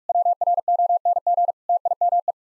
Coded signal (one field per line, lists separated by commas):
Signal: Morse code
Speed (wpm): 41 wpm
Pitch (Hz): 700 Hz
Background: none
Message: WRONG TIME